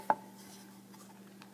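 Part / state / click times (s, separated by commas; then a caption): kickstand hinge of a portable tablet stand / seated / 0.1 s, 1.4 s. The plastic kickstand of a DefenderX universal portable phone and tablet stand is raised through its angle positions, and the ratcheting hinge gives a sharp click at 0.1 s and a fainter one at 1.4 s over a steady low hum. Each step clicks into an angle detent and locks in place, leaving the stand very stable.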